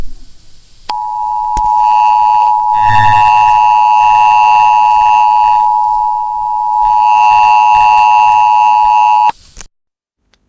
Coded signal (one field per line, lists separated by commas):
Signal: Emergency Alert System (SAME) tones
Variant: 853 and 960 Hz attention tone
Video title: EAS Scenario: Mickey Mouse.EXE